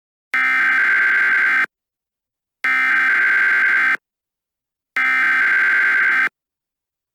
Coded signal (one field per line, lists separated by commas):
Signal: Emergency Alert System (SAME) tones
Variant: header bursts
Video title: EAS Scenario #2: Calamity Ganon